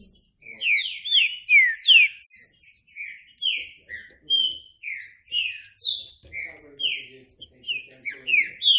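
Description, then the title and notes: Green-winged saltator song: a steady run of loud, slurred whistled notes, many sliding downward, in quick succession with short gaps. Classic song style (canto clássico) of the trinca-ferro, presented as a training recording. "Canto Clássico Trinca Ferro TREINAMENTO. trinca fero"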